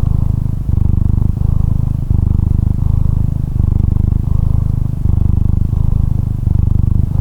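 Domestic cat purr, low and continuous, with short regular breaks between breaths.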